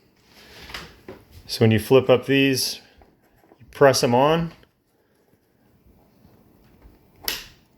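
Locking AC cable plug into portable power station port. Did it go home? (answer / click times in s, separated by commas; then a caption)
yes / 7.3 s. Someone talks while flipping up the locking mechanism on a power cable and pressing the plug onto the port of a BLUETTI AC240 portable power station. After a quiet pause, a sharp, loud click at 7.3 s marks the locking cable snapping into place and seating on the port, so it can't be pulled out accidentally.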